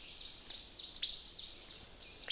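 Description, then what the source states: Least Flycatcher song, a dry, snappy two-part che-bek given twice about 1.3 seconds apart, sharp and mechanical, over faint background hiss. Bird fairly close, in deciduous woods where many nest; hard, mechanical click-like chibek song, not musical, its entire song, used for territory and courtship.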